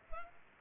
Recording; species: mosquito wingbeat signal from an infrared sensor; Culex pipiens